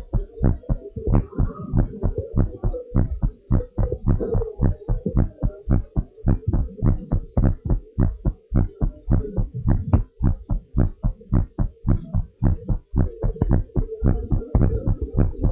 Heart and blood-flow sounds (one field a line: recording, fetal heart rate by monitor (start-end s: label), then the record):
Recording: heart sounds of a pregnant woman by stethoscope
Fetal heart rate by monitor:
no fetal heartbeat
From the record:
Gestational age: 39 weeks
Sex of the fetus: boy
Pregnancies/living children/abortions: 1/0/0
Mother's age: 22 years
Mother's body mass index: 34.0